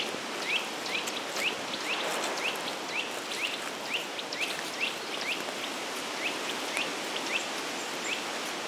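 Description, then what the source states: Birds calling with short rising chirps repeated about every half second over a steady patter like rain. Birds in a forest.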